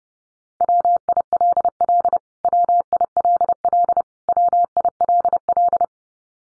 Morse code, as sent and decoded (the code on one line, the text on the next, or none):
.-- .. .-.. .-.. / .-- .. .-.. .-.. / .-- .. .-.. .-..
WILL WILL WILL